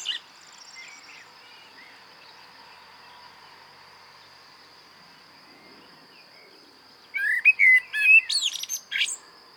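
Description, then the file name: Common blackbird song phrase near the end: fluted whistled notes followed by a burst of high, squeaky twitters, over a steady high-pitched tone. "Turdus merula"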